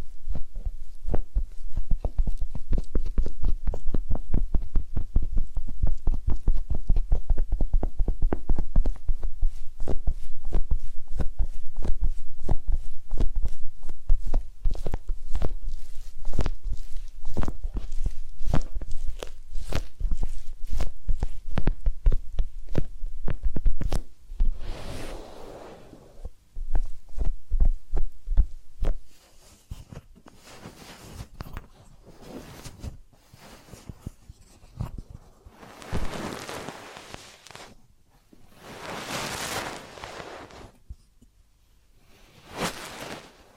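Massage and ear-cleaning sounds begin as a rapid, dense run of tapping with soft low thumps through the first twenty-five seconds. After that the taps thin out and grow irregular, broken by several bright rubbing or brushing bursts near the end.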